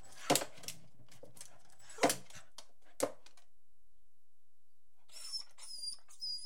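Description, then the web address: Beagle barking, three sharp barks, then a pause and a high thin whine. Beagle barking, whining and jumping. "The BBC Sound Effects Library (Animals Birds) Beagle barking, whining, and jumping"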